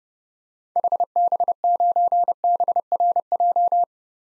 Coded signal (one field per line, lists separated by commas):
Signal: Morse code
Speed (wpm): 30 wpm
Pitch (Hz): 700 Hz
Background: none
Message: HB9BRJ